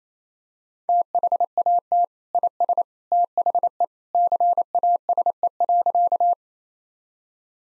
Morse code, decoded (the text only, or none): THAT IS THE CASE.